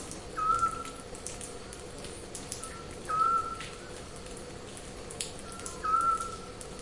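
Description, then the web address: Eurasian scops owl calling a brief pure whistle roughly every two and a half to three seconds, three notes heard, over steady background hiss. "zwergohreule"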